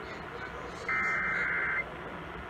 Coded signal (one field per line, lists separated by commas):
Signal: Emergency Alert System (SAME) tones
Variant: header bursts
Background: speech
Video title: KALI 900 Required Weekly Test (EAS #4042) 7/8/21